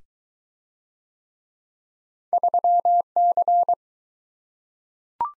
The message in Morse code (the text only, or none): 3C